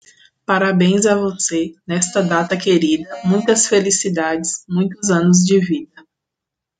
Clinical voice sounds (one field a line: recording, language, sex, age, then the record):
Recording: short text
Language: Brazilian Portuguese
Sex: female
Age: 30 to 39 years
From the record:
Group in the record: control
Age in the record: 31 years